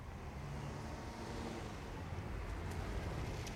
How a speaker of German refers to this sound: Was war das? Denaros Wagen.